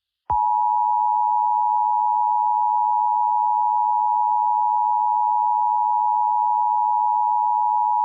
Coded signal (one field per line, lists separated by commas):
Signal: Emergency Alert System (SAME) tones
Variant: 853 and 960 Hz attention tone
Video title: Weird Strict Dad. An EAS Scenario (Part 1/2)